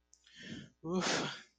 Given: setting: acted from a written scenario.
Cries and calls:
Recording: vocal sound without words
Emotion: relief

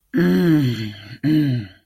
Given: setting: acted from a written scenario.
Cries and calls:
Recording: vocal sound without words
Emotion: desire

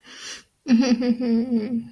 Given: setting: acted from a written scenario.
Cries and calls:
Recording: vocal sound without words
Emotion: romantic love

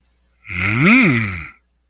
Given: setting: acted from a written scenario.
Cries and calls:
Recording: vocal sound without words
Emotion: desire

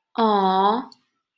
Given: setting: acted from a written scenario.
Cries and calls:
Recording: vocal sound without words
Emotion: adoration

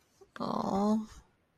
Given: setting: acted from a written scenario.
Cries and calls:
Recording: vocal sound without words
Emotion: sympathy

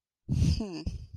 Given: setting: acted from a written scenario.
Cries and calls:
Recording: vocal sound without words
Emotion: confusion

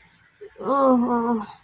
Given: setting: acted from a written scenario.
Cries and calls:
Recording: vocal sound without words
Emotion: embarrassment

